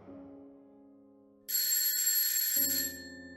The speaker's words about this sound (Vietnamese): Tiếng chuông báo thức khiến cho tôi tỉnh giấc.